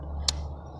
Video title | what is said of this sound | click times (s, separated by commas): 2003 Chevy Impala Upstream O2 sensor | clipped and then just give it a little tug just make sure that it's secure | 0.3 s